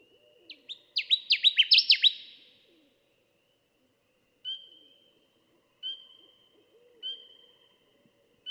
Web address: songs Connecticut Warbler